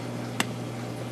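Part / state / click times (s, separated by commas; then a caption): collection cup on a protein skimmer body / seated / 0.4 s. A plastic collection cup is set on top of an aquarium protein skimmer and turned toward the front along a small groove until it twist-locks in place. A single short, sharp click sounds at 0.4 s over a steady low hum and faint background noise, and the cup is seated.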